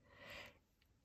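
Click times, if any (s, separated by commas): none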